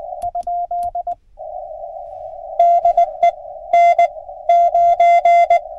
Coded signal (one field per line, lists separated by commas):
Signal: Morse code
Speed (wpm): 20 wpm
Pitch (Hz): 700 Hz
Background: radio noise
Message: ? DE N 9